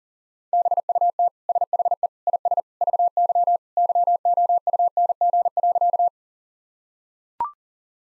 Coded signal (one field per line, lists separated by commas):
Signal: Morse code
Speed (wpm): 40 wpm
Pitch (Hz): 700 Hz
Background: none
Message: BUT SHE IS VY YOUNG.